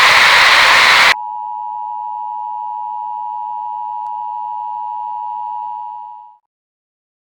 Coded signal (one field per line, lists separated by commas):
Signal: Emergency Alert System (SAME) tones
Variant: 853 and 960 Hz attention tone